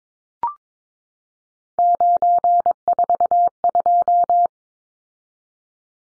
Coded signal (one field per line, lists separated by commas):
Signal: Morse code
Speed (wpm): 22 wpm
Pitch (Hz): 700 Hz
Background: none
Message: 942